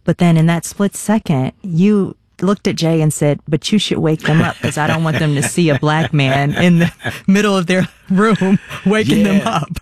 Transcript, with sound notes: But then, in that split second, you looked at Jay and said, but you should wake them up...
(Laughter).
...Because I don't want them to see a Black man in the middle of their room waking them up.